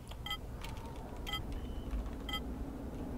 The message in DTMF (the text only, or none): none